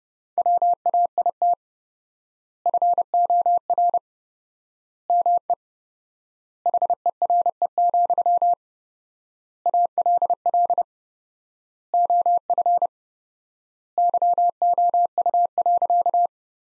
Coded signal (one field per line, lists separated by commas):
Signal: Morse code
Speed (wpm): 30 wpm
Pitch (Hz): 700 Hz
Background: none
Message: WAIT FOR ME HERE, ALL OF YOU.